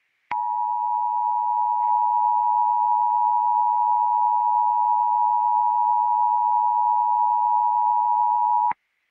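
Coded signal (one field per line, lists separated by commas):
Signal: Emergency Alert System (SAME) tones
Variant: 853 and 960 Hz attention tone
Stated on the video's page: Mock emergency alert scenario based on a Roblox game.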